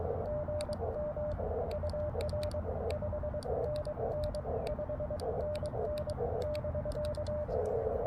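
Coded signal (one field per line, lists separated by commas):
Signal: Morse code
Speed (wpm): 23 wpm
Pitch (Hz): 600 Hz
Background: none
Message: GM UR 5NN 5NN <BK>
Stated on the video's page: POTA park activation, QRO 80 watts CW from an Elecraft K3 into a linked dipole, on 40 meters.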